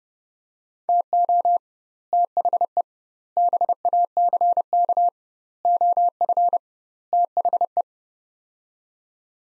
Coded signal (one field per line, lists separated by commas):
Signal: Morse code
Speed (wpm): 30 wpm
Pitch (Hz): 700 Hz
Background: none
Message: TO THE BACK OF THE